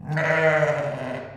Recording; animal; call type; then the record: contact call of a hoofed animal; sheep; low-frequency (closed-mouth) or high-frequency (open-mouth) call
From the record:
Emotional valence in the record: negative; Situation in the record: short social isolation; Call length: 1.37 s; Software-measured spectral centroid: 1600 Hz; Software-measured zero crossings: 1650 a second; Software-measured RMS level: -23 dBFS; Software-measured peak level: -7 dBFS